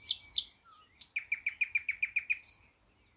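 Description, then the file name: Thrush nightingale song phrase: two sharp high notes, a low short whistle, a high note, then about nine rapid downslurred notes in an even series, ending in a thin high whistle. "thrush nightingale - luscinia luscinia"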